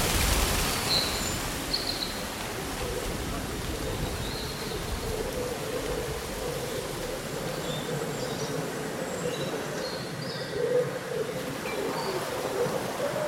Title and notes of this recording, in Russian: Прохладный летний день: Шелест листвы и пение птиц. Симфония шелеста листьев и мелодии местных птиц